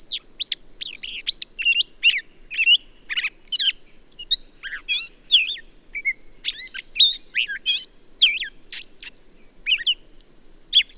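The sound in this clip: Birdsong of busy chirps, trills and whistled notes throughout, with a steady high tone underneath.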